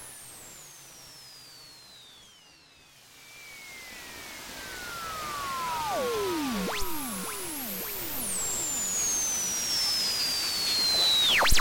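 Radio wave sounds of gliding whistling tones sweeping downward over a soft hiss, with rapid descending chirps midway and a final bright falling sweep.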